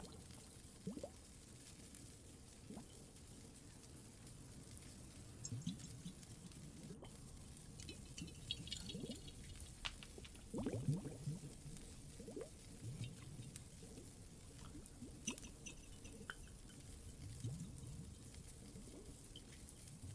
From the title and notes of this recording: Some more Cave ASMR, Water and Fireplace added.